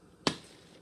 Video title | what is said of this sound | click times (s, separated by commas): Hoover Air Cordless Lift | click into place easy especially | 0.3 s